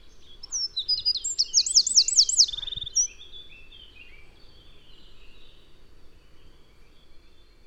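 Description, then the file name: Eurasian wren song: a loud burst of high, sharp notes and a quick looping trill lasting nearly three seconds, then a soft hiss of background noise. "Troglodytes troglodytes"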